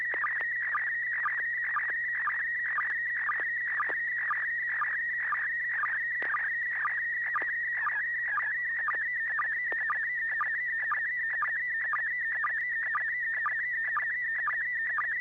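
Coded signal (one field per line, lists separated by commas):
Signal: SSTV (slow-scan television)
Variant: PD120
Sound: warbling high tone around 2 kHz with a short lower blip twice a second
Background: low steady hum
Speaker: good this is n6pgq and this is pd120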